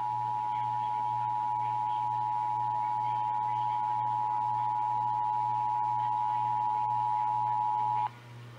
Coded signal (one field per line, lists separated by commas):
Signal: Emergency Alert System (SAME) tones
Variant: 853 and 960 Hz attention tone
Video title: (EAS #153-157) April 2022 Texas Required Monthly Test (WBAP-AM, KSKY-AM, KSCS-FM, KERA-FM, WFAA-TV)